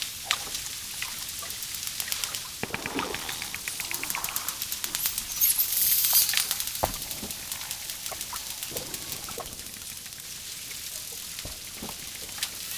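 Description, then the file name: Dolphin clicking: long series of quick clicks, with a dense buzzing burst of pulses partway through and scattered louder clicks afterward. Clicking and whistling of a dolphin. "shelkane svist delfina vspleski vodi"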